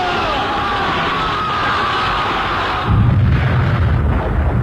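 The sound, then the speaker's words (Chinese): Dense, continuous battle noise of guerrilla fighters' gunfire and explosions as enemy troops are thrown into disarray, with a rumbling low-end that swells louder partway through, layered with crackling bursts and a steady roar. “随着游击队的一阵枪声，匪军大乱。”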